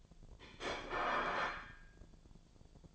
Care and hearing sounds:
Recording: daily activity, microphone in the room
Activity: place plate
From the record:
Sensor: 5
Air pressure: 1009.5 hPa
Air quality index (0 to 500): 167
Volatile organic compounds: 4 ppm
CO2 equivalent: 1623 ppm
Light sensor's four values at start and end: 97/257/104/111 and 97/258/105/111

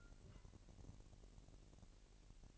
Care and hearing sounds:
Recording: daily activity, microphone in the room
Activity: take from stove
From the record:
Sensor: 4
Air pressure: 1002.9 hPa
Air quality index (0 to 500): 249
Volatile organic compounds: 12 ppm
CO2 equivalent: 2337 ppm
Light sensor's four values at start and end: 8/18/7/7 and 8/18/7/7

